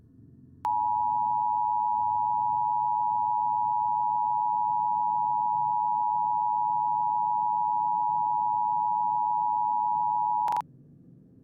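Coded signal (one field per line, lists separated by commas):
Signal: Emergency Alert System (SAME) tones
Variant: 853 and 960 Hz attention tone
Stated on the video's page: Simulated EAS scenario, a fictional Las Vegas Enderman invasion.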